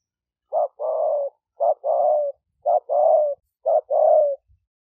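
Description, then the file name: Spotted dove repeating a two-part coo four times, a short note then a longer falling one, roughly once a second. "tieng-cu-gay -hau"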